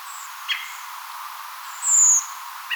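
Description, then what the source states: Redwing flight calls: one loud, thin, drawn-out high 'seeep', with a few fainter, shorter calls before and after, over steady background hiss. Flock of redwings calling, 29 October 2025.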